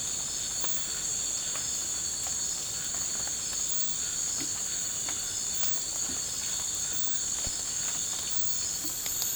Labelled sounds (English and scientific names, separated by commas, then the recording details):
none
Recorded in pastures near Puerto Asís, Putumayo, Colombia, on 20 December 2024 at 02:30
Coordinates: 0.466, -76.322
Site G040